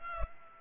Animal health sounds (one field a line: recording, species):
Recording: mosquito wingbeat signal from an infrared sensor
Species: Culex pipiens